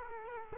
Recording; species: mosquito wingbeat signal from an infrared sensor; Culex quinquefasciatus